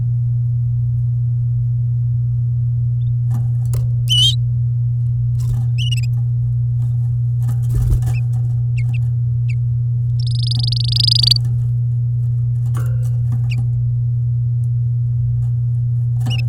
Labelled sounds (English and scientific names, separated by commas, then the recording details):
Domestic Canary (Serinus canaria) song
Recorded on 10 May 2018 at 10:02
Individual llb16